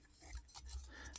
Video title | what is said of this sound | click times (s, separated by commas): Shelf Space Review: Beast Hunters Megatron | gets everything locks into place quite nicely | 1.2 s